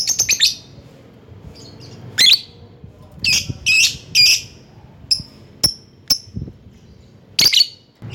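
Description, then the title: Lovebird calls: a quick burst of high chirps, then scattered harsh screeches and thin sharp ticks spaced throughout. Lovebird calling a rival. "Lovebird Memanggil Lawan"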